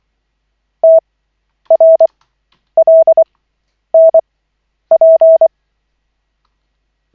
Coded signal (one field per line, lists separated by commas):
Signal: Morse code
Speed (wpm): 24 wpm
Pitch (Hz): 650 Hz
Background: none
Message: TRLNP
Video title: Koch 11/40, 16.01.2025, CW practice session